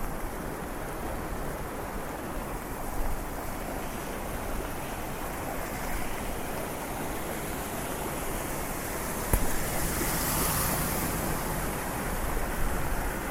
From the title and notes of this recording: Walking in the rain streets of Switzerland with a very high-definition binaural microphone.